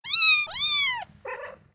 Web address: cat meow